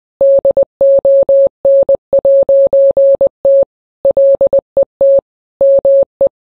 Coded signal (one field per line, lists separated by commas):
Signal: Morse code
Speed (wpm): 20 wpm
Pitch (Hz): 550 Hz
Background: none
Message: DON'T LET ME